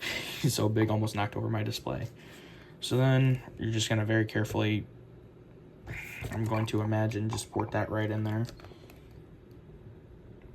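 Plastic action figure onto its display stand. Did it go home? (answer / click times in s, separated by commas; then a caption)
no / none. Someone talks while handling a large plastic build-a-figure from McFarlane Toys' DC Multiverse Batman Forever movie wave, lining it up over the peg of its plastic display stand after nearly knocking the display over. Only speech and faint handling noise are heard; nothing has seated or clicked yet.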